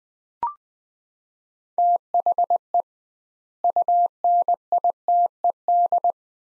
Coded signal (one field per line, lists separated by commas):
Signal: Morse code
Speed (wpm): 20 wpm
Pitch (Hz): 700 Hz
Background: none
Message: THE UNITED